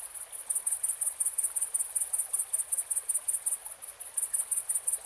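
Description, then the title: Grasshopper chirping in quick regular high pulses, several per second, steady throughout, over a low hiss of river flow. Insect recorded at nightfall on 1 September 2020 on the bank of the Drôme river at Menglon, at about 400 m altitude, late summer, cool evening, river ambience; Nagra Seven with omni B&K microphone. "SAUTERELLE EN BORD DE DRÔME"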